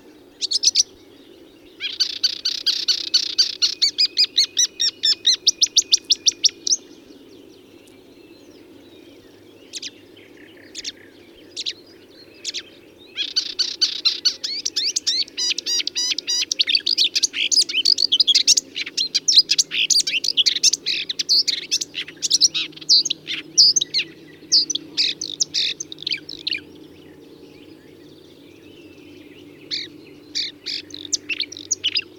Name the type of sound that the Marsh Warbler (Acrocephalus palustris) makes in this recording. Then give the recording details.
song. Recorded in the wild. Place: Groß Nemerow, Mecklenburg-Vorpommern, DE. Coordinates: 53.453, 13.186. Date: 1982-05-24. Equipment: Nagra III BH, Sennheiser MD 21, parabola. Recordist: Schubert, Michael